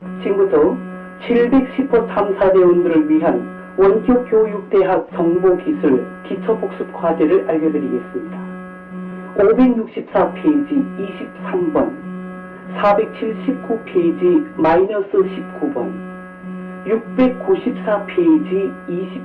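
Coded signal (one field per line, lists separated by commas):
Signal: numbers station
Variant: Pyongyang Broadcasting Station, Korean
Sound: korean announcer reads an intro then number groups, over a constant electrical hum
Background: mains hum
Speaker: 그 영상 수에서 아나운서가 지금부터 710호 탐사 대원 을 위한 원격 교육 때야 정보 기술 기초 복수 과제를 알려드리겠습니다 라고 하면서 이제 5자리 숫자를 알려주는 데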